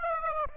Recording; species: mosquito wingbeat signal from an infrared sensor; Aedes aegypti